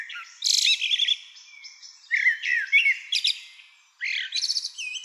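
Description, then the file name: Common blackbird song in three quick phrases of mellow whistles and sharp high chattering notes. "Turdus merula"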